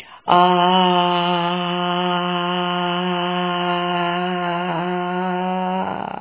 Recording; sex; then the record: sustained vowel /a/; female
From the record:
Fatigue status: fatigue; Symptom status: symptomatic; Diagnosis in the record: COVID-19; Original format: 3gp